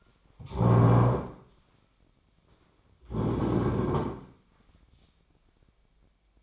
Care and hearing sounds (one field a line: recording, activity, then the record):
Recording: daily activity, microphone in the room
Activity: stand up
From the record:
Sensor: 1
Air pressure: 1009.3 hPa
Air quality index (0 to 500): 180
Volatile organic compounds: 3 ppm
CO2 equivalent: 1523 ppm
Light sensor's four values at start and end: 46/123/51/61 and 44/115/48/57